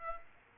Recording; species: mosquito wingbeat signal from an infrared sensor; Aedes aegypti